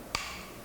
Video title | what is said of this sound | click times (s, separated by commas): Kupas Tuntas Thermal Imager Murah Kualitas Dewa -- Flir E4 Wifi Series | ditekuk ininya diteken seperti ini dan nanti tinggal kita slide seperti ini sampai ada bunyi klik | 0.1 s